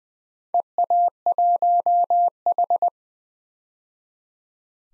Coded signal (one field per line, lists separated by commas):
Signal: Morse code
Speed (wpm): 20 wpm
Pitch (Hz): 700 Hz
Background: none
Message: EA1H